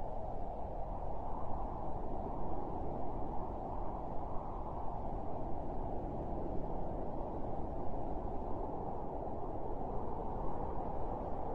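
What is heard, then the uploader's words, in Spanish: Wind blows steadily for the whole clip, a dense, low roar with no gusts or pauses. The sound is heavy and muffled, concentrated in the low range with little brightness above, and its level holds nearly constant throughout. Efecto de sonido - viento.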